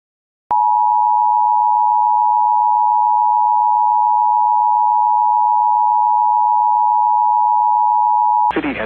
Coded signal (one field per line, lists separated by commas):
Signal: Emergency Alert System (SAME) tones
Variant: 853 and 960 Hz attention tone